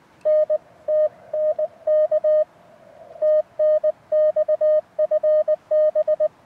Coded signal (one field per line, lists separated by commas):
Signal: Morse code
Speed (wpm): 20 wpm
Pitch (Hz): 610 Hz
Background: none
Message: N TNK TNX FB